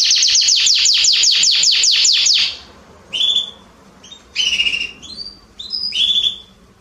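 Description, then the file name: Canary song opening with a fast, loud series of repeated falling notes for over two seconds, then a few short phrases separated by brief gaps. "Canary Voice"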